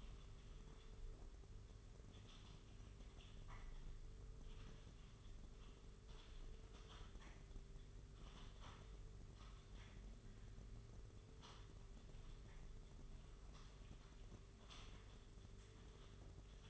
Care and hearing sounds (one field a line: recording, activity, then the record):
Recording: daily activity, microphone in the room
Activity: typing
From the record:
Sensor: 4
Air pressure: 991.8 hPa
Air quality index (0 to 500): 120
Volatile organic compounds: 27 ppm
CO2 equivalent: 2880 ppm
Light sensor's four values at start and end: 20/65/24/24 and 20/65/24/24